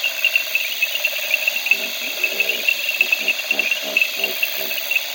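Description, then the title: Reed frogs in a dense chorus of high, rapid clicking and ticking notes overlapping continuously, with softer lower pulsing notes below. Field recording made in the Okavango. "intotheokavango field recording reed frogs"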